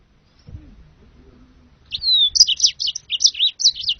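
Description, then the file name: Yellow-fronted canary song: a descending slurred whistle followed by a rapid string of high, sweet chirping notes. "serinus mozambicus"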